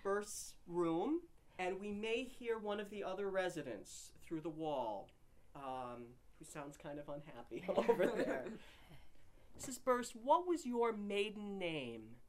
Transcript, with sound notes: Burst's room and we may hear one of the other residents through the wall, who sounds kind of unhappy. [laughter] Mrs. Burst, what was your maiden name?